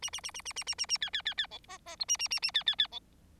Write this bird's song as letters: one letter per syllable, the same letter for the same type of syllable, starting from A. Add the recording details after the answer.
A A A A A A A A A B B B B C D D E A A A A B B B C. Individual Bird4